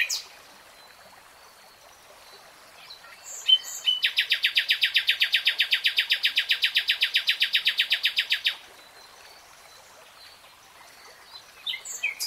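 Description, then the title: Nightingale song: a few soft notes, then a long, fast, machine-like trill of loud repeated notes lasting over four seconds before cutting off. Nightingale singing in real time. "[Tiếng chim hót] 3 Hours REALTIME Nightingale Singing"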